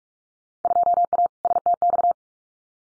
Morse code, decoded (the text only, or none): 2A STX